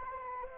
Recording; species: mosquito wingbeat signal from an infrared sensor; Anopheles arabiensis